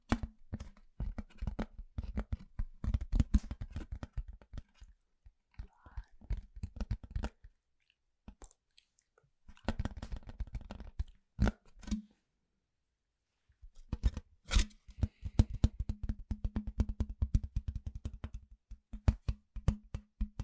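Household objects being handled, making bursts of dense, rapid clicks and rattles with a low hum underneath. The bursts run from 0 to 7 seconds, 9.5 to 12, and 13.5 to 20, with near silence between, and a few sharp louder knocks stand out.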